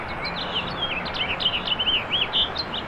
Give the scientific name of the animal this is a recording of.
Haemorhous mexicanus